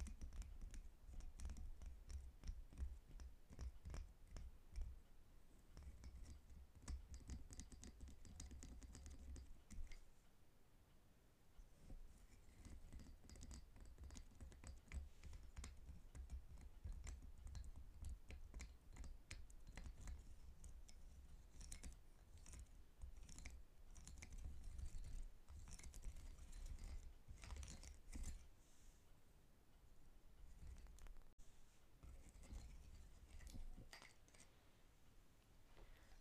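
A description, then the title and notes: Dense, rapid wooden tapping and scratching runs throughout, with a heavy low rumble in the first ten seconds and brief lulls later. I have a variety of wooden objects, all with their own original sound. Tapping and scratching Wooden objects.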